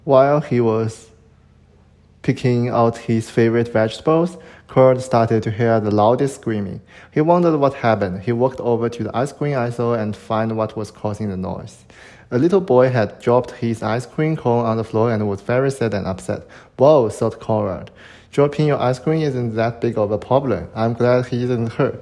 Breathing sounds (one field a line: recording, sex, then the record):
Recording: reading aloud after running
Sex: male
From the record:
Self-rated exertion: moderate exertion (3 of 6)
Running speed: 8 miles an hour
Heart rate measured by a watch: 97 beats a minute at the start, 95 at the end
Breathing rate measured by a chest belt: 21 breaths a minute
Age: 23 years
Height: 172 cm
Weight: 73 kg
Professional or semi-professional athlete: no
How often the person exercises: 3 to 5 times a week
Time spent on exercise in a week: over 5 hours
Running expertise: yes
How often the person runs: 3 to 5 times a week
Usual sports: running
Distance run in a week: 40 km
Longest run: 20 km